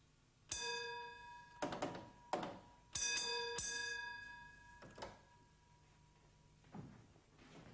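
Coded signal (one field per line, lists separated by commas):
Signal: bell signal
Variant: British railway block bell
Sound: a few sharp bell strikes ringing out, with softer knocks between them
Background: signal box room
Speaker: and give the train out of section Bell code restoring the block instrument to the normal [Music] position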